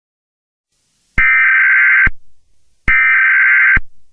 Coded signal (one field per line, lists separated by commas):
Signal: Emergency Alert System (SAME) tones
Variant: header bursts